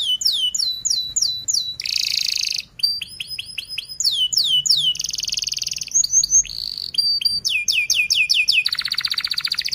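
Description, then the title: Canary song: rapid runs of sweeping high notes alternate with buzzy rattling trills, the phrases changing every second or so without pause. Fast, dense, actively singing canary with 'cuit cuit' and rolling phrases, used as a lure song for young canaries learning to sing. "Kenari Gacor Speed RAPAT Cuit Cuit Ngero L Suara Bagus Untuk Pancingan Kenari Paud Belajar Bunyi"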